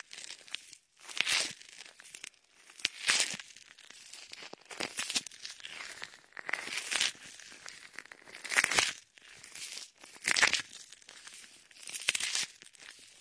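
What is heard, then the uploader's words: Latex gloves rubbing shaving foam, heard as bursts of bright crinkling, squelching rubs that swell and fade roughly every one to two seconds. Between strokes there are quieter stretches of fine crackle, and the sound stays mostly high and airy with little low end. Latex ear massage with shaving foam for comfort.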